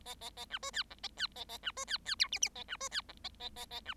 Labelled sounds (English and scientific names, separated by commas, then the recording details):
Bengalese Finch (Lonchura striata domestica) song
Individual Bird7